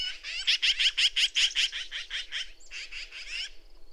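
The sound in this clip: Bird song: a rapid, rhythmic string of harsh, buzzy notes, briefly pausing before a second, softer burst of similar notes.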